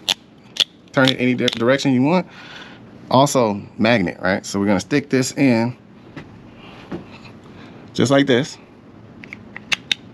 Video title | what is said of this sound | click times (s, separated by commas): NEW camera 📷 to document my work, FREE things from customers & personal goal achieved 2026 | Snaps right in. | 9.9 s